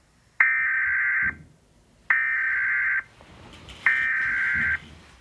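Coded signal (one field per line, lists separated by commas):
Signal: Emergency Alert System (SAME) tones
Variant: header bursts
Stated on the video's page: Fictional EAS scenario with simulated alert tones.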